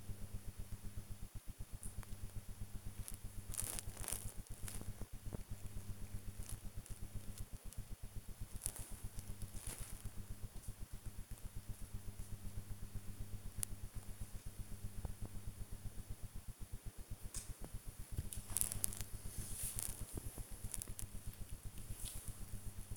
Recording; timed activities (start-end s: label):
household activities, microphone on the right wrist
0.00-22.97 s: working on the computer